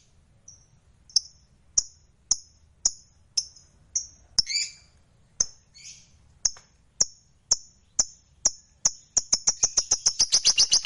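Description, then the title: Lovebird giving clipped high chirps repeated roughly every half second, a brief rasping burst midway, then speeding into a fast chattering trill at the end. Lovebird described as a fighter bird, gacor (singing energetically). "SUARA Lovebird FIGHTER GACOR"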